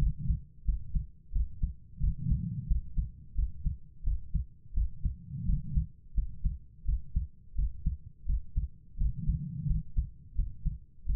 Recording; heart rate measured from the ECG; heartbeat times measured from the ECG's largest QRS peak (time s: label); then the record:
heart sounds by stethoscope; 86 bpm
0.64 s: heartbeat
1.31 s: heartbeat
1.99 s: heartbeat
2.66 s: heartbeat
3.34 s: heartbeat
4.02 s: heartbeat
4.73 s: heartbeat
5.44 s: heartbeat
6.13 s: heartbeat
6.84 s: heartbeat
7.54 s: heartbeat
8.25 s: heartbeat
8.96 s: heartbeat
9.65 s: heartbeat
10.34 s: heartbeat
11.04 s: heartbeat
From the record:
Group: healthy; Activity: rest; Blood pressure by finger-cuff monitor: 117/68 mmHg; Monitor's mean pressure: 85 mmHg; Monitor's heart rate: 89 bpm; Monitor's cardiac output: 7.5 L/min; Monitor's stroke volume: 84 mL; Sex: female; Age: 32 years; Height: 172 cm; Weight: 71.7 kg